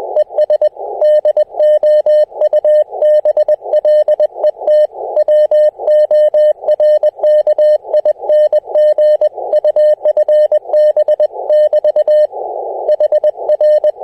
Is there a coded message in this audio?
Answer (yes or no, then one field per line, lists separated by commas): yes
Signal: Morse code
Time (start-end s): 0.2-13.9 s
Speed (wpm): 21 wpm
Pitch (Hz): 600 Hz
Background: music, radio noise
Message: ES DOUBLET WORKING UFB <BT> HR